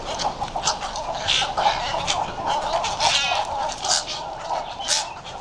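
Western cattle egret colony chatter, harsh croaking and raspy calls overlapping continuously, with louder grating bursts rising above a dense background of many calling birds.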